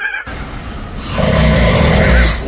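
General snoring from a sleeping adult man with sleep apnea, recorded overnight by a sleep-tracking app on the nightstand.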